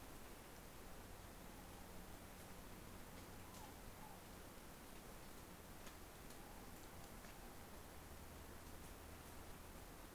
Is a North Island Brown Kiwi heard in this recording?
no